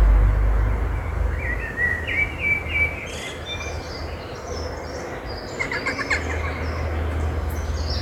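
Bird chirping, a quick series of bright notes early on, then scattered faint calls against rumbling background noise.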